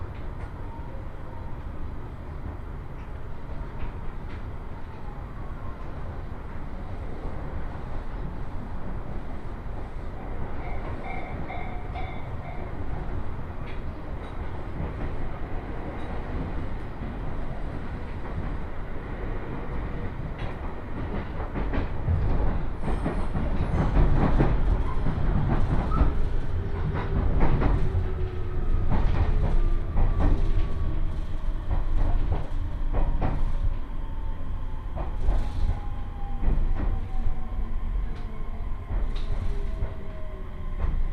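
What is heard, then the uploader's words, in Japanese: A local train rumbles steadily, growing louder around halfway with clattering wheels, squeals and rattles, while faint tones rise and fall. 耳で楽しむ鉄道旅 予讃線 壬生川→今治。壬生川駅から今治駅までは普通列車で移動します。やってきたのは7000系+7100系電車の松山行きで、今治まで先行します。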